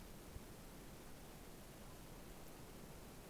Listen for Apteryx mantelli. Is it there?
no